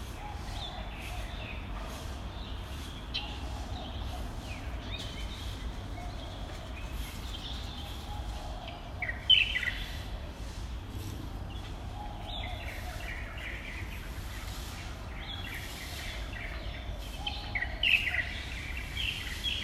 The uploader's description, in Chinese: 正在開早茶會的飛行動物鄰居們